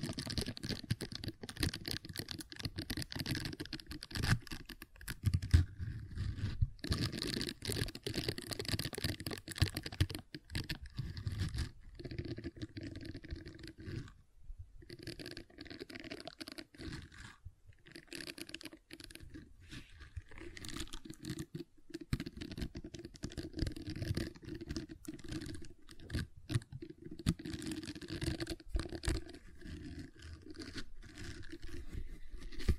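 Gentle silicone sounds: soft squishing, tapping and crinkly crunching handled in a steady, dense stream with no real pauses. The texture stays busy and fairly even throughout, with brief dropouts around 14 and 17 seconds and a faint low rumble underneath.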